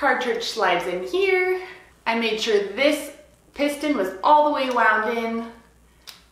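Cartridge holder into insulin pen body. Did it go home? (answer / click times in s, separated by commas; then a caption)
yes / 6.1 s. Someone talks while a plastic cartridge holder with a saline cartridge inside, its piston pushed all the way in, is pushed onto the body of an InPen smart insulin pen. The holder snaps into place with one short, sharp click at 6.1 s, and it is seated.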